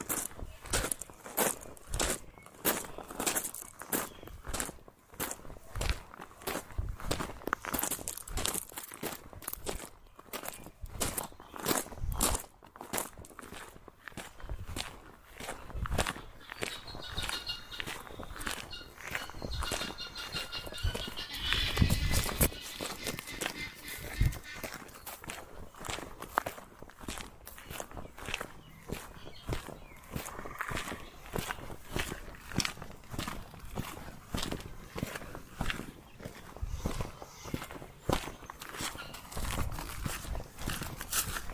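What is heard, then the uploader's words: Footsteps crunch through gravel at a steady walking pace, each step a sharp, gritty burst across the whole range from low to bright. The texture shifts as the ground changes, with a busier, louder stretch around twenty seconds. Faint outdoor sounds sit underneath. Walking in varying types of gravel. Walking in gravel.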